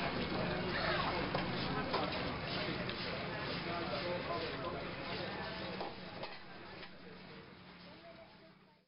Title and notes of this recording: Cambodia - restaurant morning sounds. Sounds (music and talking) coming from a small restaurant at the Angkor Wat temple complex near Siem Reap, Cambodia